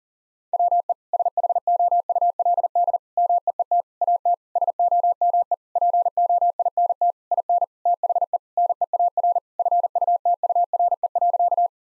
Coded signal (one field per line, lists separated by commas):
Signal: Morse code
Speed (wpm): 40 wpm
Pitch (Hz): 700 Hz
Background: none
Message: WE SHOULD MEET AT SOME POINT IN THE NEAR FUTURE.